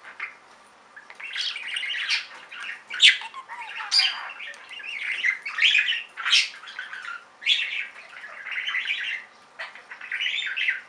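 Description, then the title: Budgerigar chatter: lively scratchy warbling with squawks and chirps, nearly continuous after a quiet opening second. "Budgie Sounds"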